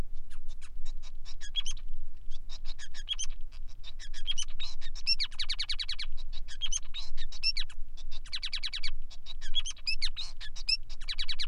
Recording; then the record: song of a male Bengalese finch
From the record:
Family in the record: son of father 5